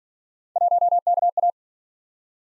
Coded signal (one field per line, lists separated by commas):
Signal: Morse code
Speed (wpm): 51 wpm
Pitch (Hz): 700 Hz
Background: none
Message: 1KA